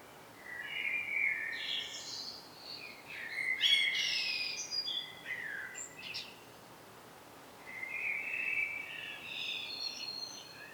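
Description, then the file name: Common blackbird song: several warbled fluty phrases mixed with sharp high clicks and chatter, pausing briefly before a final mellow phrase. "Turdus merula"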